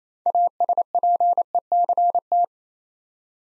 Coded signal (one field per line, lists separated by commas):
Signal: Morse code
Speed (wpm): 27 wpm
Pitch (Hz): 700 Hz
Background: none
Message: ASPECT